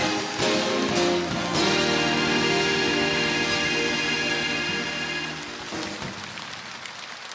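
A concert crowd applauds loudly and steadily for bandleader Kim Jeong-taek and his SBS orchestra while the band holds a bright sustained chord underneath; the music cuts off around five seconds and the clapping thins out toward the end.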